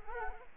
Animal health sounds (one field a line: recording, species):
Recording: mosquito wingbeat signal from an infrared sensor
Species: Culex quinquefasciatus